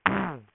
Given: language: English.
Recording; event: throat vibration sensor signal played as sound; throat clearing